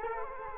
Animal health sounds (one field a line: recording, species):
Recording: mosquito wingbeat signal from an infrared sensor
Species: Culex quinquefasciatus